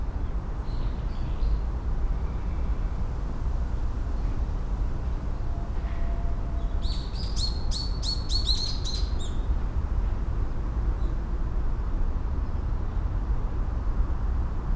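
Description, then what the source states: Bird chirping: a quick burst of bright, high, rapidly repeated chirps lasting a few seconds midway, over a steady low rumble. In a city.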